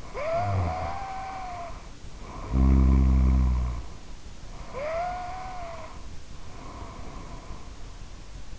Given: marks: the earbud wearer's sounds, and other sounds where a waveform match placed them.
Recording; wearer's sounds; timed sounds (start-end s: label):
sounds in sleep by an in-ear microphone; snoring breath
0.00-3.87 s: snoring breath
4.42-7.72 s: snoring breath